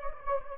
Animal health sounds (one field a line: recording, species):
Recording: mosquito wingbeat signal from an infrared sensor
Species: Anopheles gambiae